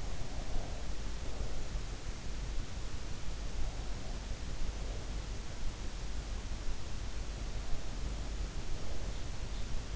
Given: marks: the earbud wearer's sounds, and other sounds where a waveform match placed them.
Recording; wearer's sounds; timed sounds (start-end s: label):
sounds in sleep by an in-ear microphone; breath
0.00-1.86 s: breath